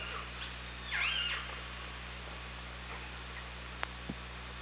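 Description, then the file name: Killer whale call under water, a single short rising-then-falling tonal sweep near one second, followed by a few faint sounds and two sharp clicks, over constant low hum. Hydrophone at OrcaLab, 24 August 2017, 18:38. "Orca Lab UTLN JASON 20170824 183808"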